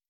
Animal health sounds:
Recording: hydrophone in a shrimp aquaculture tank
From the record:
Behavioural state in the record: starved

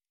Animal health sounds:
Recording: hydrophone in a shrimp aquaculture tank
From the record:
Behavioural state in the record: normal

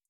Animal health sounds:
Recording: hydrophone in a shrimp aquaculture tank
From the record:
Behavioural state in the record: feeding

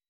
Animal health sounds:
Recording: hydrophone in a shrimp aquaculture tank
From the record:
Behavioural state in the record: weakened

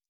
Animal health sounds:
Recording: hydrophone in a shrimp aquaculture tank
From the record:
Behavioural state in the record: stressed

